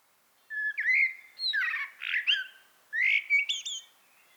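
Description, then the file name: Common blackbird singing a short fluty phrase in several quick parts, with thin high notes. "Turdus merula"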